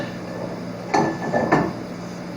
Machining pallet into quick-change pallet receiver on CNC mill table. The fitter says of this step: over here flexing right now locks into place not going anywhere now